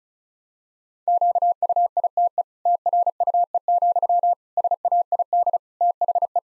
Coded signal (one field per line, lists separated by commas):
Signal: Morse code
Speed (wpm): 34 wpm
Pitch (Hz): 700 Hz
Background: none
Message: QUITE TRUE, SAID THE